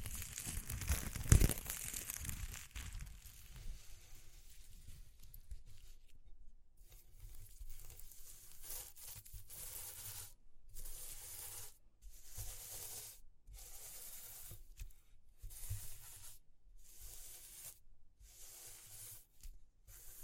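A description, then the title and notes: Textured hissing and tearing sounds, opening with a sharp snap near the start. From about five seconds on, bright rasping bursts of around a second each repeat at a fairly steady pace, separated by brief silences, over a low rumble underneath. ASMR Exploring Textures (No Talking).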